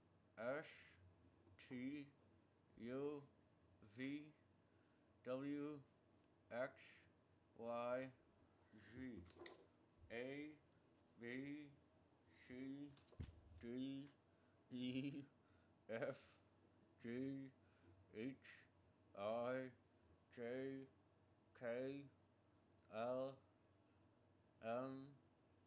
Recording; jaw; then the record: letters of the alphabet, spoken; constrained by a bite bar between the teeth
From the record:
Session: first day, right after the free take